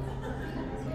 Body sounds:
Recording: background sound without coughing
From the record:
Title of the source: 60 minutes of coffee shop sounds for study and concentration

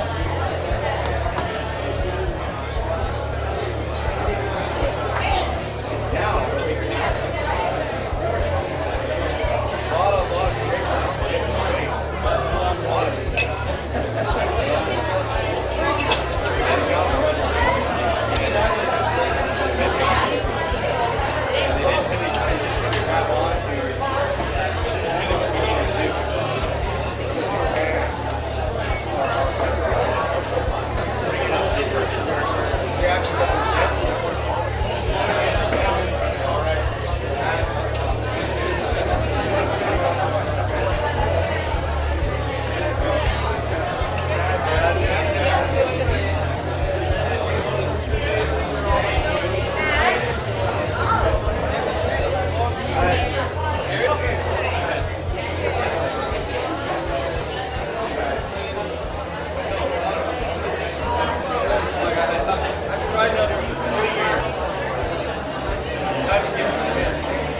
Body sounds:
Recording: background sound without coughing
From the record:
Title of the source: CITY SOUNDS Busy Bar in the Evening Night - 2 HOURS of Ambiance for Relaxation

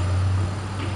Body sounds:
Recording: background sound without coughing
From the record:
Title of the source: 30 MINUTES Construction Site Ambience (CC BY 4.0)

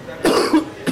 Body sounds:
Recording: coughing mixed with background sound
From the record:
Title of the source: Coughing 77

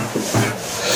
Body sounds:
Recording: coughing mixed with background sound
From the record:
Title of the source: Cough Around the Clock!

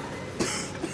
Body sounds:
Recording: coughing mixed with background sound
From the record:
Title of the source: 30 Chesty and wet cough

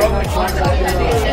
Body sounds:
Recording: background sound without coughing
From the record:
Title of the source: Nightlife Party Simulating Party Club Noise 1 Hour

